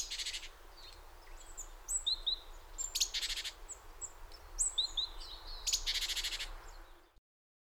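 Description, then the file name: Great tit calls: several rasping, buzzy scolding bursts alternating with brief whistled notes, with steady background hiss. "Parus major"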